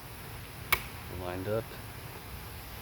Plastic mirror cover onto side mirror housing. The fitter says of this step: over here, and basically it just snaps into place.